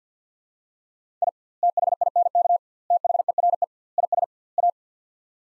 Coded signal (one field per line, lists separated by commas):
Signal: Morse code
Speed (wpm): 50 wpm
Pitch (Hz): 700 Hz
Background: none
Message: I THINK THERE IS A